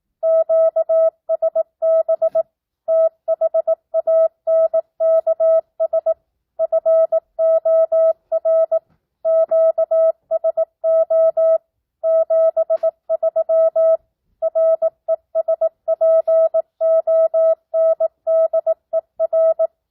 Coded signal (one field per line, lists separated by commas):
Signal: Morse code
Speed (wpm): 18 wpm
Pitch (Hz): 650 Hz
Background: none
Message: QSB THANKS FOR QSO 73 RESPONDER